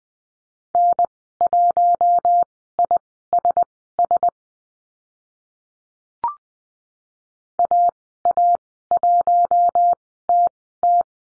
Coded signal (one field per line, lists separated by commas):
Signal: Morse code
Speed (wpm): 19 wpm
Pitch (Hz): 700 Hz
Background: none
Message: N1ISS AA1TT